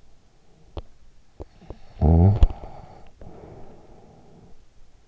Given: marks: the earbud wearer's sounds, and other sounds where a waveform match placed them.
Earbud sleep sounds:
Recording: sounds in sleep by an in-ear microphone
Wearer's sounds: teeth grinding, snoring breath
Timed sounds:
0.60-1.78 s: teeth grinding
1.89-4.92 s: snoring breath

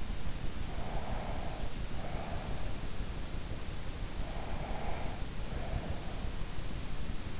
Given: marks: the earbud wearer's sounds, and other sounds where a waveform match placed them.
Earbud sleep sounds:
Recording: sounds in sleep by an in-ear microphone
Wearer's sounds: breath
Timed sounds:
0.66-2.85 s: breath
4.32-6.27 s: breath

